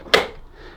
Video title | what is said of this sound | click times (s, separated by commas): How to FULLY CLEAN Delonghi Magnifica Start Coffee Machine - Beginners guide | And we're just going to put it in there until it clicks into place, like | 0.1 s